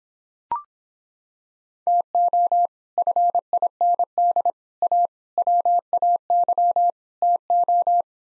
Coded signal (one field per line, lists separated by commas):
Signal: Morse code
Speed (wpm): 26 wpm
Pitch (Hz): 700 Hz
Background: none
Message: TO FIND A WAY TO